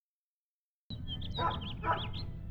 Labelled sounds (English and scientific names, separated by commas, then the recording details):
House Finch (Haemorhous mexicanus) song
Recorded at Oceanside on Long Island, New York, on 17 June 1975
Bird A